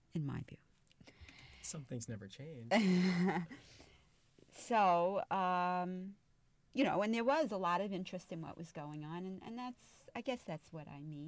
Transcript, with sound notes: in my view.
Some things never change.
(She laughs.) So, you know, and there was a lot of interest in what was going on, and that's, I guess that's what I mean.